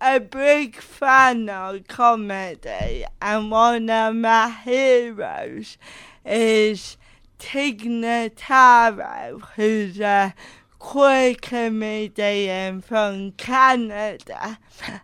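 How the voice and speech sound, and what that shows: An adult woman with cerebral palsy speaks slowly, with vowels drawn out and long pauses splitting short phrases. Some sounds are creaky and consonants are softened. Her speech sounds a little different from usual and a bit slower, and this slow, effortful pattern fits the dysarthric speech of cerebral palsy.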